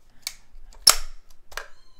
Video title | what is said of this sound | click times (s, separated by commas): HASBRO’S “Resistance A-Wing Fighter” PITS SISTER AGAINST SISTER! TOY REVIEW!! | in there that's locked in there for good there's a little locking mechanism | 0.9 s